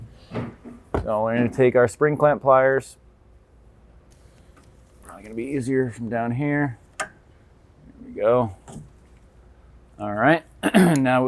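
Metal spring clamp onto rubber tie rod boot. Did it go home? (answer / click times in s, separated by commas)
yes / 7.0 s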